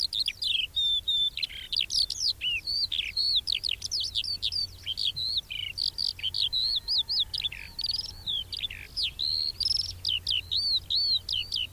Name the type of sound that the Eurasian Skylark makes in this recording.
song